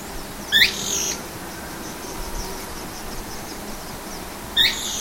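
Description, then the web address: Bird call: two harsh rising squawks, one near the start and one near the end, separated by faint soft chirping. "BIRD 2015 SABIOD"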